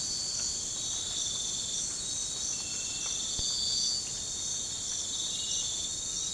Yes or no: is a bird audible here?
no